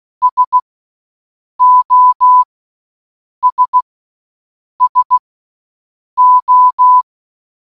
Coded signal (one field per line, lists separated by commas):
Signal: Morse code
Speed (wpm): 16 wpm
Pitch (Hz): 1000 Hz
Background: none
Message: SOS SO